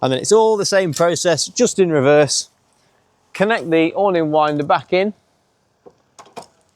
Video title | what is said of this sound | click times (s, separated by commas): SUNLIGHT CLIFF 540 2025 HANDOVER WALKTHROUGH | Now it's locked into place. | 6.2 s